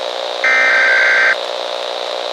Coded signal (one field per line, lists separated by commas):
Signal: Emergency Alert System (SAME) tones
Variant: header bursts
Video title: EAS Scenario - Black mesa Incident National